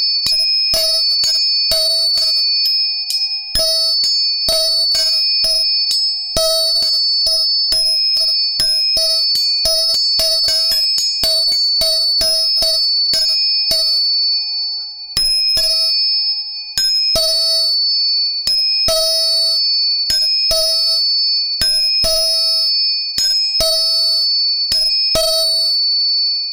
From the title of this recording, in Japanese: 音叉チューニング3本